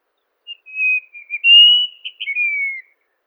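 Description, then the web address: White-throated rock thrush singing a single smooth phrase of sustained whistles, gently rising then dropping at the end. "Monticola gularis song. birds of the ussr"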